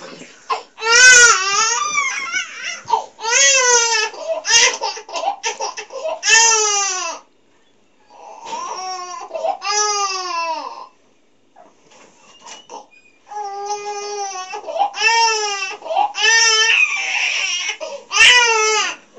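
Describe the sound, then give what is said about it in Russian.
An infant wails in long, loud, high-pitched cries with strained rising and falling contours, broken by short gasping pauses, the crying continuing almost nonstop throughout. “Сейчас ты изуродуешь ребенка”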